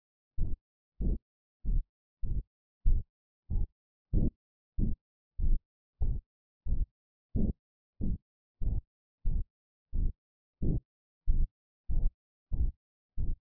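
Regular low heart sounds at about 95 beats a minute, each beat a short rumbling burst rather than a crisp pair of clicks. This is coarctation of the aorta, a narrowing of the aorta.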